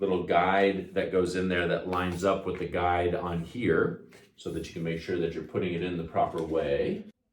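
Someone talks while the handle of a Tineco Floor ONE S3 cordless wet-dry floor cleaner is lined up by its guide and push pin to go down into the cleaner's body. Nothing has seated or clicked yet; the handle is not yet home when the clip ends.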